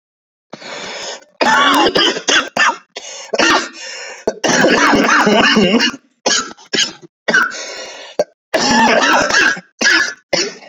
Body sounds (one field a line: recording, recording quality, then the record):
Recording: heavy voluntary cough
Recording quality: excellent, no background noise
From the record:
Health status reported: exposed to COVID-19, no respiratory illness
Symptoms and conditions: cough, cold, sore throat, fever, muscle pain, diarrhoea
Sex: male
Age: 29 years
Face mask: not worn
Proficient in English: yes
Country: India